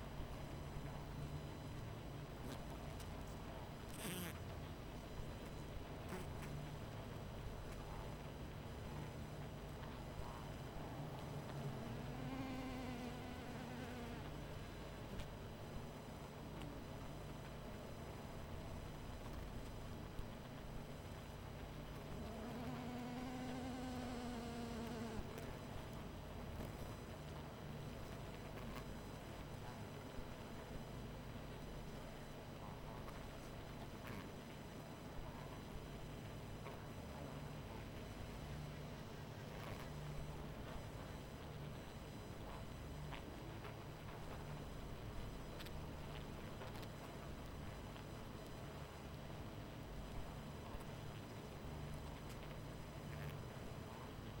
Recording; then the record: honeybee colony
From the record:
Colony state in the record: missing queen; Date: 14 July 2017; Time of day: 22:08